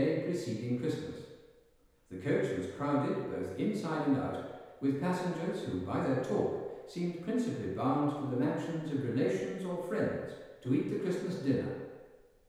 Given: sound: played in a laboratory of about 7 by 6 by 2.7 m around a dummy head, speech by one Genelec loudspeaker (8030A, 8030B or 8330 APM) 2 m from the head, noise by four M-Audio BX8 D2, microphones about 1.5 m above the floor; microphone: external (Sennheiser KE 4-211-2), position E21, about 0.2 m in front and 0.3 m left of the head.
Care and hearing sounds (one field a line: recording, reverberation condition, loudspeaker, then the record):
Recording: male speech in English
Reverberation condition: high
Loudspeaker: 150 degrees to the right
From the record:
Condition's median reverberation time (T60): about 1300 ms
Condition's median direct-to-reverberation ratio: about -4.0 dB